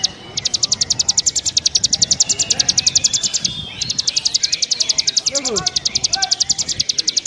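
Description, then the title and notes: Bar-winged prinia singing rapid high ticking notes in a steady run, a brief pause near the middle, then resuming; short falling whistles in the background. Vigorously singing (gacor) birds, including young birds. "Kicau Ciblek. suara burung ciblek gacor dan anakan"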